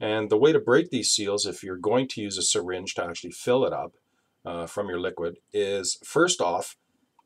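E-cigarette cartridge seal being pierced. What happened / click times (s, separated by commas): No seating click yet; only talking before the part is handled / none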